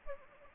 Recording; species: mosquito wingbeat signal from an infrared sensor; Anopheles gambiae